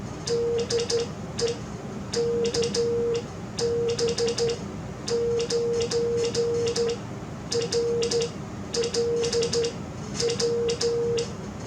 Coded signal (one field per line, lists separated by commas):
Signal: Morse code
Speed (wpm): 12 wpm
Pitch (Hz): 470 Hz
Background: none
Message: DE KB9RLW